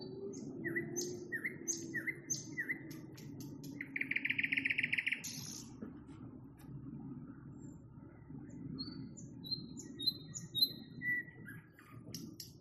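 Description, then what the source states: Nightingale song: four repeated chock notes, a fast buzzy rattle, then varied whistles and chirps, over a constant low background rumble. Nightingale singing, recorded in May 2021.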